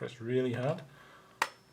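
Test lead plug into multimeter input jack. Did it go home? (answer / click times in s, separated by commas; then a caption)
yes / 1.4 s. A multimeter test lead's banana plug is pushed hard into the input socket of a 2018 LIDL Powerfix multimeter while someone talks. A sharp, brief click at 1.4 seconds marks the plug seating into the jack, an unusual feature for the meter.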